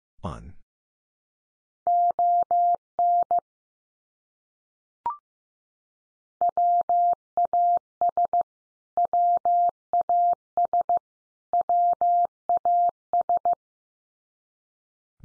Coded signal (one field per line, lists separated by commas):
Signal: Morse code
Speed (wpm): 15 wpm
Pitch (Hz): 700 Hz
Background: none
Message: ON WAS WAS WAS